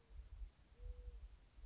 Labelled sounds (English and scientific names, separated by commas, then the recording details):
Mourning Dove (Zenaida macroura)
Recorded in Sonoma County, California